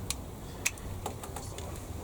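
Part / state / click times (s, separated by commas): plastic nose part into a scale model aircraft fuselage / seated / 0.7 s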